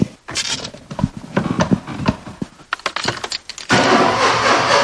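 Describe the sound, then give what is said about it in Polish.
Keys jingle and click in the ignition of a Beach Buggy, followed by a cranking starter and an engine that catches and settles into a loud, steady idle; its odometer reads 92,107. “No jest na chodzie, rzeczywiście.”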